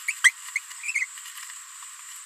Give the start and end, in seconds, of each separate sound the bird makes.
0.08-0.12, 0.24-0.29, 0.55-0.59, 0.94-1.06